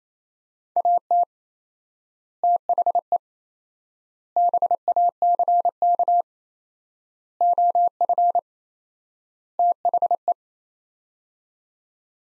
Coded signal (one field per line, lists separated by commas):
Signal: Morse code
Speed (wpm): 28 wpm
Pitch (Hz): 700 Hz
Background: none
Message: AT THE BACK OF THE